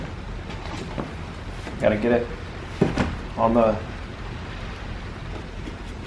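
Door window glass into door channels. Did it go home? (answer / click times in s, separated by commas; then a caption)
no / none. Window glass for a 2012–2019 Ford Focus door is angled front side down and worked between the weather stripping into the door channels, lined up before being pressed into the clips. Someone talks over soft handling and sliding noises, with a small tap near 1.0 s. Nothing has seated or clicked yet.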